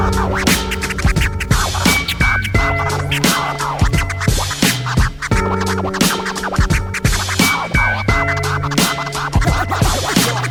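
Rhythmic turntable scratching cuts over a steady hip-hop beat, with quick, raspy back-and-forth record scrubs repeating across the loop alongside bass and sustained synth tones, loud and with no vocals.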